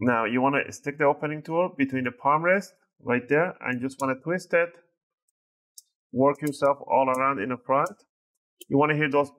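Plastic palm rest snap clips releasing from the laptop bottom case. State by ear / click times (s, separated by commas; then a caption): released / 5.3 s, 5.8 s. An opening tool is pushed between the plastic palm rest and the base of an HP 15 Notebook 15-f039wm laptop and twisted, with the five screws already removed. Someone talks throughout, and during a quiet gap two sharp clicks at 5.3 s and 5.8 s mark the palm rest snap clips releasing along the front edge from the bottom case.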